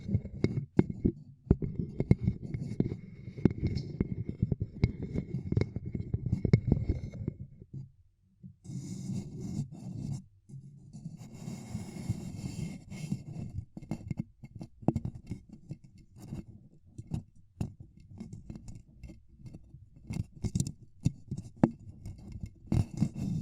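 Ear cupping triggers: dense low muffled rubbing and thumps throughout, with brief crisp crackles, a short pause near eight seconds, then brighter scratchy textures.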